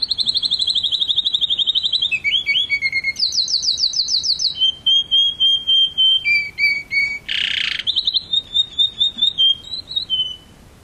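Canary song of varied rapid trills and pulsed notes, steady whistled tones, a brief harsh buzzy burst, then more trills fading out.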